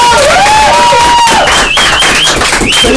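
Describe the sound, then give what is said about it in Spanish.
A crowd claps and cheers loudly and steadily throughout for a guest of a show, with shrill whistles rising and falling above the dense wash of applause. No one speaks. “Oye, un aplauso para ella, por favor.”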